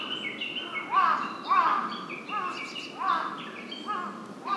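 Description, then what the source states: Large-billed crow caws, hoarse and downward-curving, given several times amid other birds' whistles. Recorded 23 May 2007.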